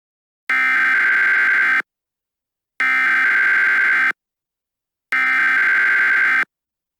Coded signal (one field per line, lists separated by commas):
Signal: Emergency Alert System (SAME) tones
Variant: header bursts